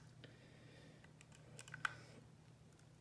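A screwdriver is forced against tight screws on the drive wheel motor housing of a Shark robot vacuum, with faint scraping clicks at about 1.6 s and 1.7 s over a low steady hum. A sharper click at 1.9 s marks the second screw head stripping, leaving both screws stripped out.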